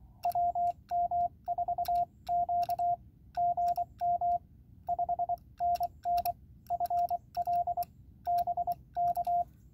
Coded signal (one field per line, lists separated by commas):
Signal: Morse code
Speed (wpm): 22 wpm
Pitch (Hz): 690 Hz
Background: radio noise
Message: WM4Q GM 5NN FL BK